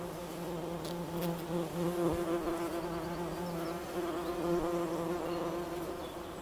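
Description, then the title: Bumblebee buzzing, a steady low droning hum with a rich, even tone that holds for the whole stretch. Bumblebee buzzing recorded in Wülfel, Hannover, Germany. "Wülfel, Hannover, Deutschland - Hummelgebrumm"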